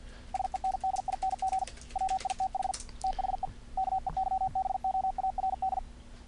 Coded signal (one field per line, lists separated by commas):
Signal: Morse code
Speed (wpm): 49 wpm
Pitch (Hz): 760 Hz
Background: none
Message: SENDING WITH THE KEYBOARD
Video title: SOFTWARE CW KEYERs - review of 5 morse code programs